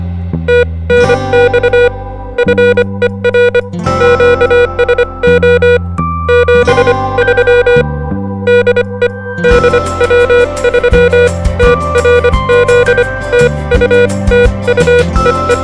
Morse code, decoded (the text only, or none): TNX FER QSO 73 DE DW3TRZ TU TU EE